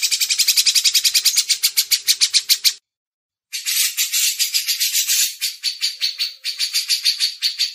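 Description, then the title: Grey-cheeked bulbul giving fast, buzzy, high notes in quick succession, a brief silence, then a second long chattering run. Masteran recording: training audio for songbirds. "MASTERAN CUCAK JENGGOT"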